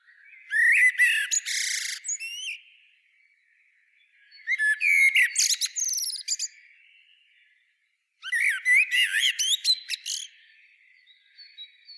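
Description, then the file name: Common blackbird song: three evenly spaced phrases, each a mix of whistled notes and sharp high squeaks, roughly every four seconds. "Turdus merula"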